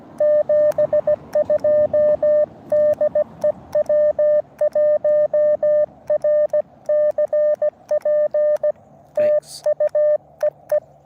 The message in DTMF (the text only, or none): none